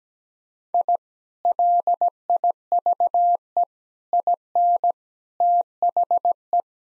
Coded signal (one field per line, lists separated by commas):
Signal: Morse code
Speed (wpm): 17 wpm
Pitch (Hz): 700 Hz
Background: none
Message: I LIVE IN THE